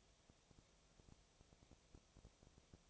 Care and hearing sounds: daily activity, microphone in the room; no activity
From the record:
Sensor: 1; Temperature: 19.6 degrees Celsius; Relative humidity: 36.5%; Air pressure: 997.0 hPa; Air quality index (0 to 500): 204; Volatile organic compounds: 129 ppm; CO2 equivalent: 3921 ppm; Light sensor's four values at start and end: 1/2/1/1 and 1/2/1/1

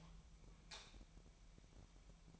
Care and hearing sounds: daily activity, microphone in the room; light off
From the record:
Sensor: 1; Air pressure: 1012.1 hPa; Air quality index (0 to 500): 231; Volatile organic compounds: 6 ppm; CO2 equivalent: 1844 ppm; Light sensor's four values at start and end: 15/38/16/18 and 13/30/13/14

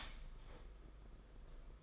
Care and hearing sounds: daily activity, microphone in the room; start toaster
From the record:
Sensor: 5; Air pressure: 991.8 hPa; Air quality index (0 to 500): 168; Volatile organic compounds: 429 ppm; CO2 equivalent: 4718 ppm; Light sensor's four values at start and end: 33/110/41/44 and 33/110/41/44

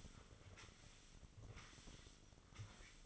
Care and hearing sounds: daily activity, microphone in the room; sweep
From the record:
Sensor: 4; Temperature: 27.1 degrees Celsius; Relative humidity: 35.2%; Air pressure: 1003.9 hPa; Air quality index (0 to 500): 149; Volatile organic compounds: 2 ppm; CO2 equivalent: 1064 ppm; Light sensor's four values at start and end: 14/32/13/15 and 14/32/14/14

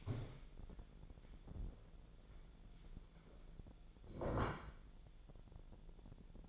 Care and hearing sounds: daily activity, microphone in the room; stand up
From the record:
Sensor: 5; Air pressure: 1000.5 hPa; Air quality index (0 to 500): 146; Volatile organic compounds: 2 ppm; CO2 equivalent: 1127 ppm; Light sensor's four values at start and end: 47/111/46/49 and 47/111/46/49

